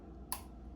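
A metal/plastic cutter block is pushed back onto the drive post of a Remington PF7855 foil shaver. A single sharp click sounds at 0.3 seconds over a low, steady background hum. The cutter block pops back in and is seated.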